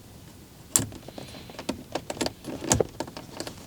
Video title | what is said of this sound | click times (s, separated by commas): Range Rover: Restoring sticky control Knobs | and that Celestron clicked into place so now we have some nice | 0.8 s